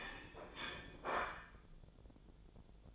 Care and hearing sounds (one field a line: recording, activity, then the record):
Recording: daily activity, microphone in the room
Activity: place plate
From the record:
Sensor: 5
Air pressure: 1009.5 hPa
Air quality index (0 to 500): 169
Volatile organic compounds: 4 ppm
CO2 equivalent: 1640 ppm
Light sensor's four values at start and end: 99/262/107/113 and 99/261/106/113